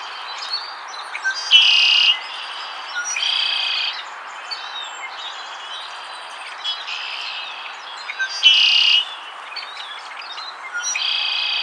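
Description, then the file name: Red-winged Blackbird repeating short, grating buzzy trills at irregular intervals of a few seconds, each preceded by brief clicks, against a steady background hiss. "Agelaius phoeniceus - Red-winged Blackbird"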